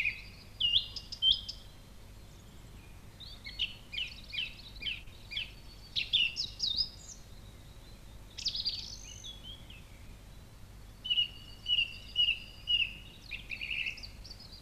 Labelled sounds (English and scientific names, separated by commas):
Song Thrush (Turdus philomelos) song